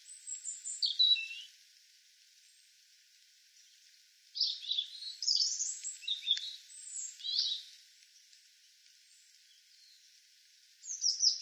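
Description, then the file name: European robin delivering several high, liquid warbled phrases with sharp trills, broken by long pauses, then a fresh phrase beginning at the end. "Erithacus rubecula"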